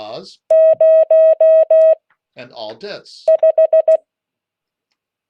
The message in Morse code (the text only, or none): 0 5